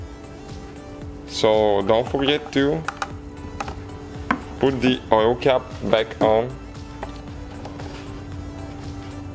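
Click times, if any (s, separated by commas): none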